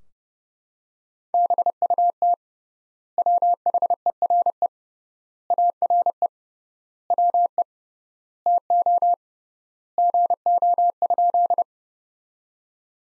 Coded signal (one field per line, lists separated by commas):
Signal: Morse code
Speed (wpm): 30 wpm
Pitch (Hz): 700 Hz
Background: none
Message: BUT WHERE ARE WE TO GO?